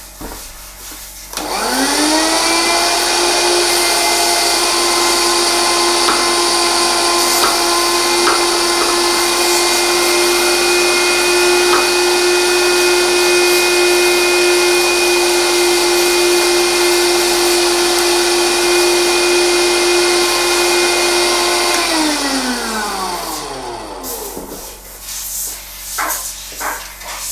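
An electric chopper's motor spins up after a second or so and runs at a steady, dense whine with a bright hiss on top for about twenty seconds. It then winds down, its pitch sliding low, and light clicks and handling sounds follow.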